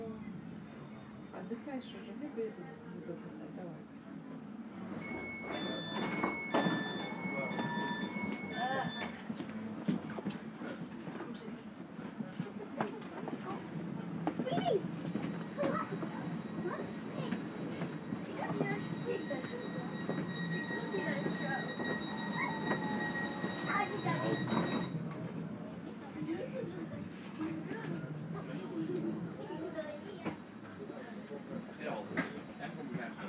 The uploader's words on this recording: Relaxing Circuit on Berlin's Ringbahn. Authentic audio recording of this unique S-Bahn trip.